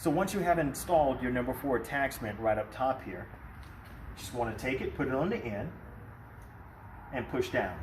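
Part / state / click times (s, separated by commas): windshield wiper blade adapter onto front wiper arm / not seated / none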